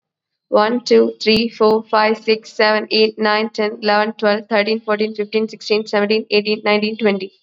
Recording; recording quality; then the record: counting at a fast pace; excellent, no background noise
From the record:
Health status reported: COVID-19 positive, mild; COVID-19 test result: positive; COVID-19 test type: RT-PCR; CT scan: not taken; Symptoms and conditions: cough, fever, fatigue, muscle pain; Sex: female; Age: 19 years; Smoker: no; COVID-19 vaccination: both doses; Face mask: worn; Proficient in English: yes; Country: India